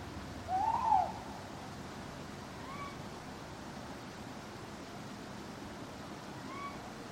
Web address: birds backgrounds churchyard night owls hooting clock strike